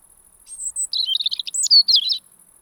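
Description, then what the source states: European robin singing one quick phrase of high, sweet, jumbled twittering notes, over a faint continuous high-pitched buzz. Singing in autumn, when it resumes song as northern migrants arrive.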